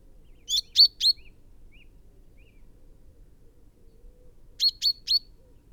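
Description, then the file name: Common chaffinch giving a triplet of sharp call notes, then a few soft, faint lower chips, then a second triplet after a pause of a few seconds. "Fringilla coelebs"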